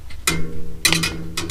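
A replacement thermostat is handled and pushed toward its mounting in the plastic control housing of an upright freezer, with bursts of bright scraping and handling noise and a sharp knock near 0.9 s over a steady low hum and faint music. The clip ends before the part goes home, so nothing has seated or clicked into place yet.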